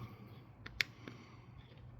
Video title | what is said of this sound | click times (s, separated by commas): #sponsored | You heard it click shut. Real good seal. | 0.8 s